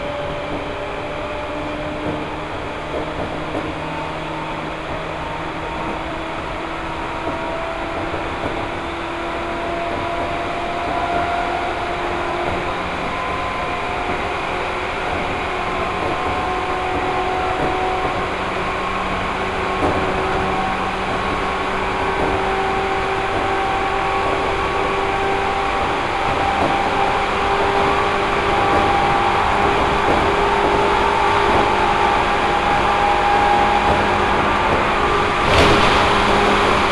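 A local commuter train rides along, heard from inside the carriage. A steady rumble carries shifting motor whines that rise and fall in pitch as the train changes speed, growing slightly louder over time. Near the end, a brief sharp click cuts through.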